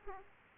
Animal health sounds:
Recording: mosquito wingbeat signal from an infrared sensor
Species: Aedes aegypti

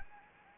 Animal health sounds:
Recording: mosquito wingbeat signal from an infrared sensor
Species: Anopheles gambiae

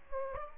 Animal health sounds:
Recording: mosquito wingbeat signal from an infrared sensor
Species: Aedes aegypti

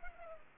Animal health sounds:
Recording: mosquito wingbeat signal from an infrared sensor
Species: Culex pipiens

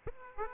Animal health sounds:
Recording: mosquito wingbeat signal from an infrared sensor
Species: Aedes aegypti

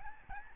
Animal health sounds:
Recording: mosquito wingbeat signal from an infrared sensor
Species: Aedes albopictus

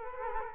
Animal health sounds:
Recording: mosquito wingbeat signal from an infrared sensor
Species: Culex quinquefasciatus

